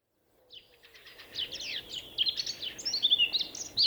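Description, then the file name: Eurasian blackcap warbling song that starts faintly and grows louder, a jumble of quick chattering and whistled notes over a soft hiss. "Sylvia atricapilla"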